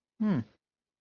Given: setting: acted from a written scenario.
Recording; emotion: vocal sound without words; serenity